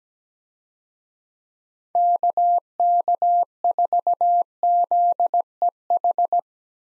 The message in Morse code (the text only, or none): KK4ZEH